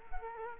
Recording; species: mosquito wingbeat signal from an infrared sensor; Culex quinquefasciatus